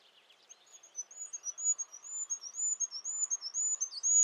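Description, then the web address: Bird calling steadily with a long, even stream of rapid, high, sharp chirps over faint background sound. "birddata Deverinetal 2025"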